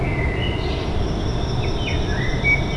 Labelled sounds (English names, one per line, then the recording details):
Great Tit
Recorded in Germany
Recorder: ecoPi